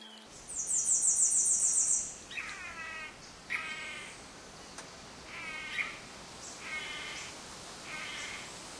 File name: Tangará